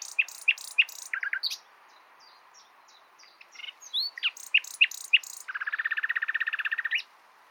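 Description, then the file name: Common nightingale song with sharp, evenly spaced notes, a pause, more piercing notes, then a rapid mechanical rattling trill lasting over a second. "Luscinia megarhynchos"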